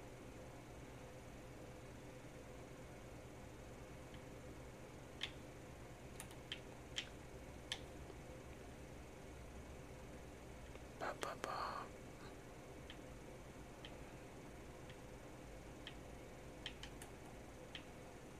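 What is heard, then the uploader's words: Gum chewing over a steady low hum, heard as sparse, sharp clicks and smacks every second or two. Around the eleven-second mark a short, denser burst of wetter crackling stands out before the quiet clicking resumes. Gum Chewing.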